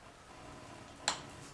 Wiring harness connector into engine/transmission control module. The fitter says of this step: you hear that little click and then you can pop that push that red pin back over lock it in all done